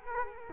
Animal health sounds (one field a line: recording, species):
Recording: mosquito wingbeat signal from an infrared sensor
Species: Culex quinquefasciatus